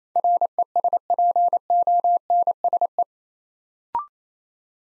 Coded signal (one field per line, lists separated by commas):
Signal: Morse code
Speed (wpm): 29 wpm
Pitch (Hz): 700 Hz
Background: none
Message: RESPONSE